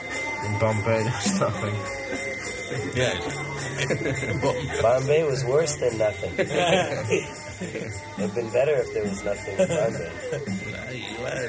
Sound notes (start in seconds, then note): 2.5 laughs; 6.3 laughter